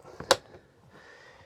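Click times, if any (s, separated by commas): 0.3 s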